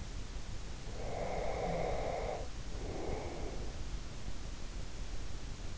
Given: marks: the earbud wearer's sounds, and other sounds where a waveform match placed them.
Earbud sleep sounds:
sounds in sleep by an in-ear microphone; breath
0.88-3.91 s: breath

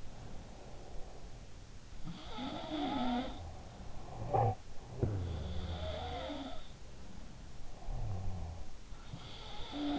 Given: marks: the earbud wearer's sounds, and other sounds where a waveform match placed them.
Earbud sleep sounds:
sounds in sleep by an in-ear microphone; breath, snoring breath
0.00-1.75 s: breath
1.75-4.06 s: sound from someone else or the room
3.83-4.97 s: snoring breath
4.84-7.70 s: sound from someone else or the room
7.70-9.06 s: snoring breath
8.87-9.99 s: sound from someone else or the room

